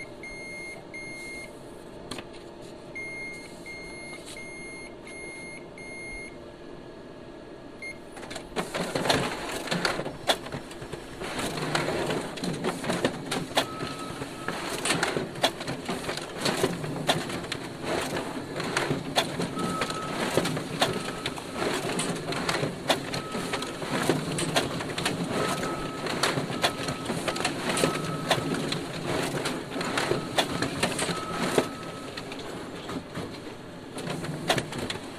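A laser printer and photocopier beep in bursts while idling, then start up around eight seconds into a dense, rattling, steady whir with faint tones.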